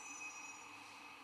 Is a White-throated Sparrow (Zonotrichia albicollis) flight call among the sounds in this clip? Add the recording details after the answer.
no. No flight call is heard. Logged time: 08:33 on 16 December 2014